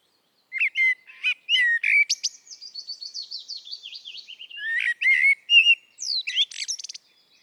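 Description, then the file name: Eurasian blackbird song: mellow fluted whistles and high squeaky twitters, with a softer run of quieter notes in the middle. "Turdus merula"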